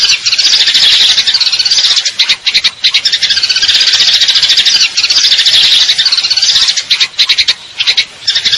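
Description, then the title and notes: Eurasian tree sparrow giving sustained, rapid, high chattering trills with a few quick breaks, ending in separate chirps. Fighting call with long trills; clear-sound masteran training recording for contest birds. "GEREJA TARUNG NEMBAK PANJANG SUARA JERNIH MASTERAN WAJIB BURUNG LOMBA. Burung Gereja"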